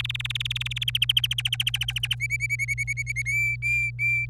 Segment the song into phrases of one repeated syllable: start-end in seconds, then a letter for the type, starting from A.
0.00-0.84 A, 0.88-2.15 B, 2.20-3.22 C, 3.25-4.26 D